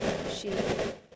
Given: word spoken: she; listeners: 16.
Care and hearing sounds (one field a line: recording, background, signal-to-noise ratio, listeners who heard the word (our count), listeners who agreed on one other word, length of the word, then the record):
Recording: one English word in noise, from a listening test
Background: noise modulated by three-talker babble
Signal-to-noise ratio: -7.4 dB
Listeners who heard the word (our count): 2 of 16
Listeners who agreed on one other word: 7 of 16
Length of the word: 0.76 s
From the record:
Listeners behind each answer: 7, 3, 2, 2, 1, 1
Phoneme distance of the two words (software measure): 14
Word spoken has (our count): 1 syllable, 2 phonemes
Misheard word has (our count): 1 syllable, 4 phonemes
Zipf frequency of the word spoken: 6.42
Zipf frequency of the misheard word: 3.80